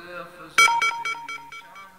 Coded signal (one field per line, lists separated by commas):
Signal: none